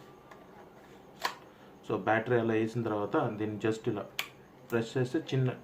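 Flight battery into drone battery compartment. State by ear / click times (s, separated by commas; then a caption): seated / 1.2 s. A plastic flight battery for a DJI Mavic Mini drone is lined up with the pins and pressed down into the drone's rear battery bay. A sharp click at 1.2 s marks the battery locking in place, and afterward someone talks. The battery is confirmed seated and locked.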